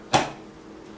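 A Sylvania RT4 LED retrofit is pushed up into a Lightolier 5-inch recessed can fixture, giving a single sharp, bright snap at 0.1 s that fades quickly into quiet room tone. The retrofit is seated and confirmed in place.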